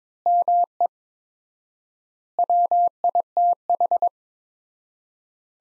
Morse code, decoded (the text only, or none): ME WITH